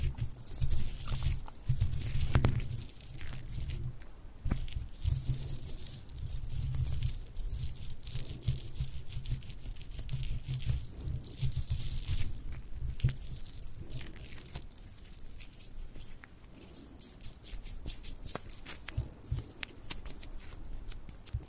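An ear massage trigger: continuous rubbing and brushing against the microphone, with thick low thumps and rustling layered over a bright hiss. The strokes come in irregular bursts with sharper crackles throughout, heaviest in the first half.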